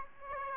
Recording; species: mosquito wingbeat signal from an infrared sensor; Aedes aegypti